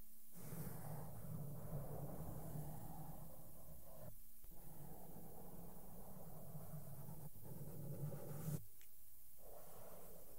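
Soft makeup brushes sweep over the microphone in a dense, steady rustle, low and muffled with a faint brighter hiss on top. Brief gaps break it near one, four, seven and a half, and nine seconds, where the microphone is touched and the brushing pauses.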